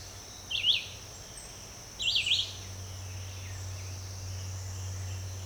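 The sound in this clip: Red-eyed vireo: songbird giving two short warbled whistled phrases early on, then quiet except a steady high insect hum and a low background rumble.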